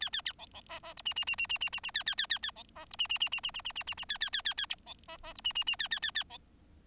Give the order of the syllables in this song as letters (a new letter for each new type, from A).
A A B B C C D E E E E E E E E A A A A A B C D E E E E E E E E E E A A A A A B C C D E E E A A A A B